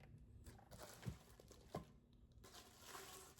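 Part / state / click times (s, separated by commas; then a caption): vacuum body section before joining the next section / not seated / none. A plastic body section of a T351 Trucozie cordless vacuum is picked up and lined up with the mating section before joining. Soft handling rustles are heard, with light knocks around 0.5 s, 1.1 s and 1.8 s. Nothing has seated or clicked yet.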